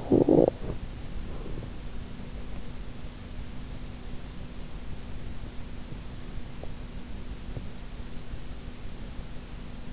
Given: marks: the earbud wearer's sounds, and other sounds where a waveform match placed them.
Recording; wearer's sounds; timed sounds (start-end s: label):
sounds in sleep by an in-ear microphone; talking in sleep
0.00-0.57 s: talking in sleep